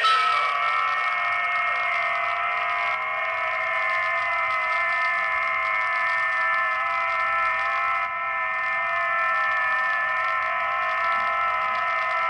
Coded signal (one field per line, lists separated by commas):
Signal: FT8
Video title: Tiny Short Wave Radio - ATS MINI for Pocket Change.